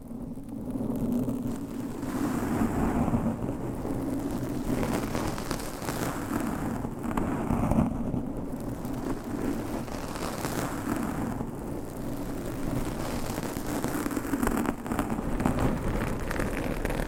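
Scratching and brushing against a covered microphone makes a dense, continuous rough rustle with a heavy low hum running underneath. Brighter scraping strokes flare up every second or two, and the overall loudness stays fairly even throughout.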